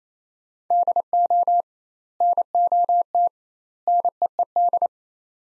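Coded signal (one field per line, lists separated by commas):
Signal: Morse code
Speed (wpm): 28 wpm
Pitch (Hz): 700 Hz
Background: none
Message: DO NOT NEED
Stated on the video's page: Morse practice of three-word sets at 28 wpm with 2x word spacing, a Farnsworth-like method applied to words, each set sent twice.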